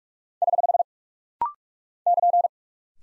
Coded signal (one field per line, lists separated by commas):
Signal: Morse code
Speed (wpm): 42 wpm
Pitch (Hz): 700 Hz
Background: none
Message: <HH> <KN>